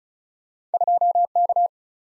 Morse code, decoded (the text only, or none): 2K